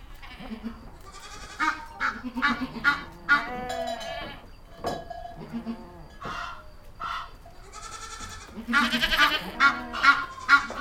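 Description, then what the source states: Goat bleating in a series of wavering, quavering calls, with louder calls near the end. Farmyard.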